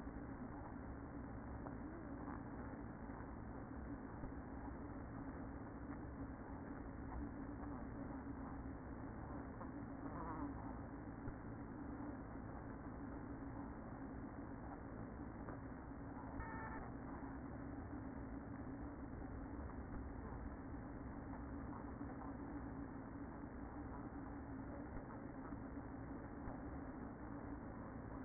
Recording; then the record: honeybee colony, microphone inside the hive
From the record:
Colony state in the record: queen present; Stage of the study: after two queens were removed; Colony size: about 60,000 bees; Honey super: yes